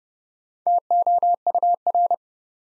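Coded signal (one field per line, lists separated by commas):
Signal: Morse code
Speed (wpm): 30 wpm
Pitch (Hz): 700 Hz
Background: none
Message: TOUR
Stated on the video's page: Morse code practice at 30 wpm, building 4-letter words two letters at a time for instant character recognition.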